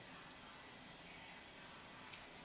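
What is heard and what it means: A firing pin and bolt shroud assembly, threaded into a cleaned rifle bolt body until it stops, is turned back until it clicks into its home detent. Over a steady low hiss, a single short, small metal click sounds at 2.1 s. The shroud is seated home.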